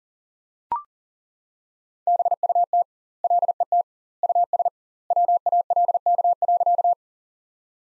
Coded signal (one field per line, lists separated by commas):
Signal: Morse code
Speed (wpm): 37 wpm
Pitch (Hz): 700 Hz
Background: none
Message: BUT LET US WALK.